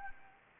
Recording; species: mosquito wingbeat signal from an infrared sensor; Anopheles arabiensis